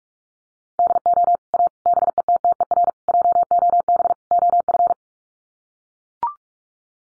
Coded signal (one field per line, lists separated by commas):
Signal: Morse code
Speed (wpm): 44 wpm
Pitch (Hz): 700 Hz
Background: none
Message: DO A BETTER JOB OF